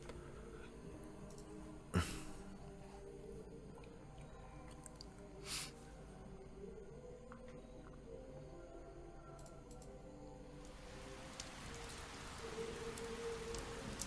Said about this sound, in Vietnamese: Mưa to trút xuống đánh lên mái ngói cũ nát khiến bọt nước bắn ra liên tục. Trong tiếng mưa rơi tí tách, nước mưa men theo mái hiên trượt xuống, tạo thành một bức rèm trâu trước cửa.